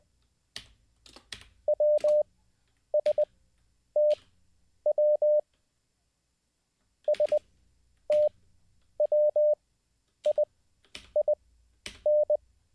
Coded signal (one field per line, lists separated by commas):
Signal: Morse code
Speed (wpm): 20 wpm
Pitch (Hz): 600 Hz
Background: none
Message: WSTW STWIIN